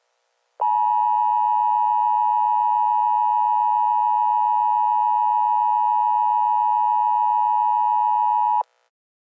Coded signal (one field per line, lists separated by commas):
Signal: Emergency Alert System (SAME) tones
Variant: 853 and 960 Hz attention tone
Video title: EAS Scenario: "The Wormhole"